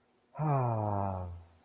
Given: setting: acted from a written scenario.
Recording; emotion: vocal sound without words; relief